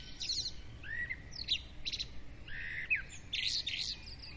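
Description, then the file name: Birds singing: rapid high chirps, short whistled slurs and buzzy bursts repeated several times in quick succession. Several birds singing at dawn; recorded with a Zoom recorder. "Madarak hajnali dicsérete"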